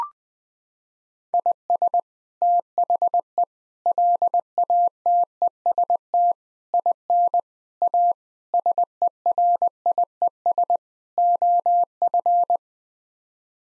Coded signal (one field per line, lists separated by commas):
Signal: Morse code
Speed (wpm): 20 wpm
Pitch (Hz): 700 Hz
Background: none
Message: IS THE LATEST IN A SERIES OF